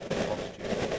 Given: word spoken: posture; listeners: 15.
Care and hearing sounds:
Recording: one English word in noise, from a listening test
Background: noise modulated by three-talker babble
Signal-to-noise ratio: -6.9 dB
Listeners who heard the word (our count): 2 of 15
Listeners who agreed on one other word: 10 of 15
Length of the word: 0.59 s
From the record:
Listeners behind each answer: 10, 2, 1, 1, 1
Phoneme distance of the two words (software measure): 44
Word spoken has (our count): 2 syllables, 5 phonemes, stress on syllable 1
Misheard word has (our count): 2 syllables, 7 phonemes, stress on syllable 2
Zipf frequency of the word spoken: 3.46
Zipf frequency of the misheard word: 4.17

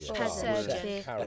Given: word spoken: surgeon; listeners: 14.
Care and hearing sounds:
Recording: one English word in noise, from a listening test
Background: four-talker babble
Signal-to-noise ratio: -2.3 dB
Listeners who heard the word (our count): 2 of 14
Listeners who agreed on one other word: 8 of 14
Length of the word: 0.87 s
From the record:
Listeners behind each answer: 8, 2, 1, 1, 1, 1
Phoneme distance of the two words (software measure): 42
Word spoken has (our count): 2 syllables, 5 phonemes, stress on syllable 1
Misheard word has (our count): 2 syllables, 5 phonemes, stress on syllable 1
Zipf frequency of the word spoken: 4.02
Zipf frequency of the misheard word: 3.43

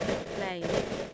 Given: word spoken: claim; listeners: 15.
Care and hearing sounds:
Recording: one English word in noise, from a listening test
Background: noise modulated by three-talker babble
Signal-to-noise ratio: -6.3 dB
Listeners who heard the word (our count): 1 of 15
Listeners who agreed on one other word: 8 of 15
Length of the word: 0.74 s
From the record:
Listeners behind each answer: 8, 2, 1, 1, 1, 1, 1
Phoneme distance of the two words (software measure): 17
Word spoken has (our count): 1 syllable, 4 phonemes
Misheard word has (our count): 1 syllable, 3 phonemes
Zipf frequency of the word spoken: 4.68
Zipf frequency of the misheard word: 5.69

